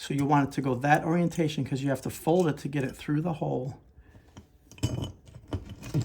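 Someone talks while orienting a metal toggle wall anchor on its screw and bracket, then folds it to fit through the hole in the drywall. After the talking stops, short metallic jangling handling sounds are heard from about 4.7 to 6.0 seconds. The anchor has not yet been pushed through, and nothing has popped open or clicked yet.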